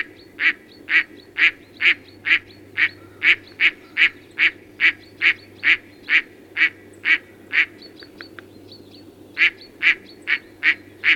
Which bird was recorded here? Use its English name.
Mallard